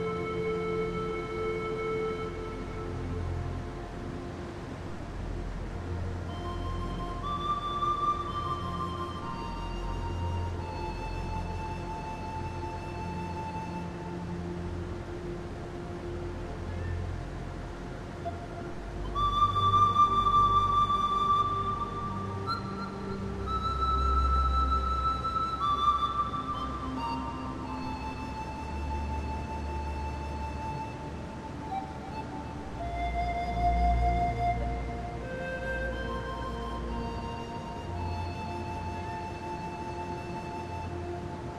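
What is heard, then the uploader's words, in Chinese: A bamboo flute plays long, held notes over a steady wash of flowing water in a forest. The melody moves slowly, note to note, swelling louder around twenty, twenty-five and thirty-four seconds, while a low rumble sits underneath throughout. 森林中的流水水聲與竹笛的聲音結合。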